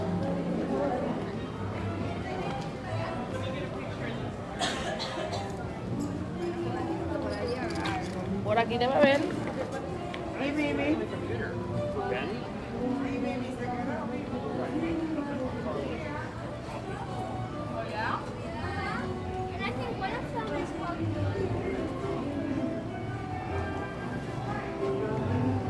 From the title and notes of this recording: A Day at Universal Studios Florida. On this week's show we play audio from the Universal Studios Florida theme park. Listen as you hear us walk the park as we journey from attraction to attraction.